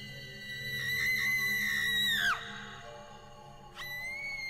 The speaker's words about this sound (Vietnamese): Sau đó bà rít lên một tiếng chói tai. Bà ta chồm hẳn đến chỗ của hắn.